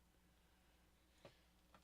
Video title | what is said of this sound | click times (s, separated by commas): TayRayGun: Snap and Switch: Stray- NEON Alley | That's going to just snap right into place. | 1.8 s